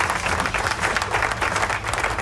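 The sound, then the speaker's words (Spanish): Steady audience applause, a dense, continuous patter of many hands clapping at an even loudness throughout, with no voices standing out. “¡Aplauso!”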